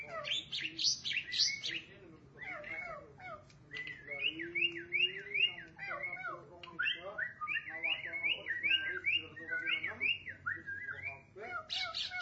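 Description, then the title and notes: Starling song with a scratchy opening, then long runs of rising and falling wavering whistles, a low slurred note, and clicking chatter throughout. "suara burung jalak"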